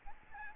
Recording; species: mosquito wingbeat signal from an infrared sensor; Aedes albopictus